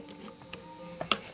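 A plastic check valve seat and poppet assembly is worked loose from its plastic frame on a pressure washer pump. Faint ticks and handling sounds come first. The seat pops out with a sharp snap at 1.1 s, leaving it released from the frame.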